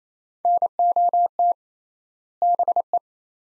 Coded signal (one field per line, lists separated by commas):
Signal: Morse code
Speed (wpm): 28 wpm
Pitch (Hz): 700 Hz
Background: none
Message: NOT BE